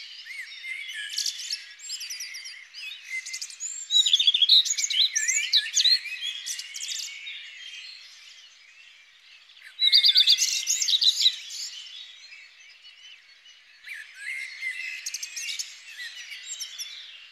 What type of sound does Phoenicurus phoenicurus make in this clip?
song